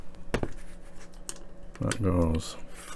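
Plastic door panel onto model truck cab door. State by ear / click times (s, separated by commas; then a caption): not seated / none. A plastic inner door panel of a scale model truck cab is handled and pressed toward the cab door, with sharp plastic taps around 0.3 s and 1.3 s and softer handling noises in between. Someone talks briefly near the end. Nothing has seated or clicked into place yet.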